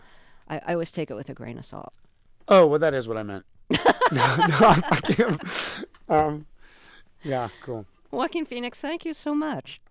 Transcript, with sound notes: So I always take it with a grain of salt.
Oh, well, that is what I meant.
(LAUGHTER)
No. I kid. Yeah, cool.
Joaquin Phoenix, thank you so much.